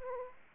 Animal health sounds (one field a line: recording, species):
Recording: mosquito wingbeat signal from an infrared sensor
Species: Aedes aegypti